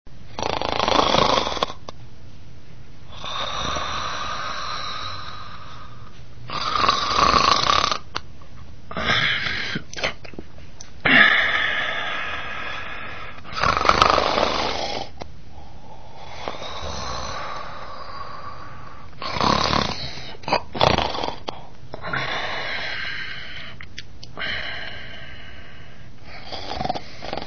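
Snoring from an adult sleeper: irregular, noisy breaths recurring through the clip with loud bursts between quieter stretches.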